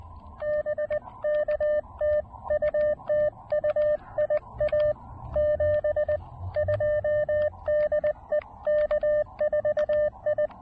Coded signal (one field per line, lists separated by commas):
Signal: Morse code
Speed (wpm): 19 wpm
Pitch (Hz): 590 Hz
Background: radio noise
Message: BK TU TU IA 72 DE K4I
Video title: A One Watt, Low-Profile POTA Activation: Avoiding the Labor Day crowds by going off-trail!